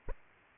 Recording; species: mosquito wingbeat signal from an infrared sensor; Aedes aegypti